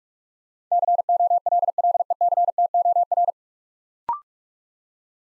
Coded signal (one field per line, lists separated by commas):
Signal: Morse code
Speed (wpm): 44 wpm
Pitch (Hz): 700 Hz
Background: none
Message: COLLECTOR